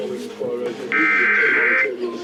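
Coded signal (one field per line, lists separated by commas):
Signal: Emergency Alert System (SAME) tones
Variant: header bursts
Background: speech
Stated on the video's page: Illinois required monthly test tones.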